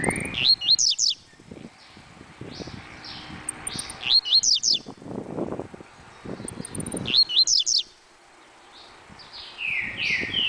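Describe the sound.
Double-collared seedeater song: bright, rapid phrases of high slurred and descending whistled notes in bursts, with short slurred notes between and some low knocking noise.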